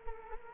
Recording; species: mosquito wingbeat signal from an infrared sensor; Culex quinquefasciatus